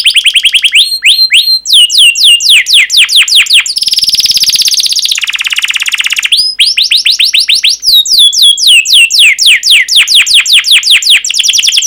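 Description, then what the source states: Canary song of rapid descending whistled notes, interrupted midway by a buzzy rattling trill, then resuming with quick repeated sweeping phrases. Long canary song recording used as a lure or training recording for teaching other canaries.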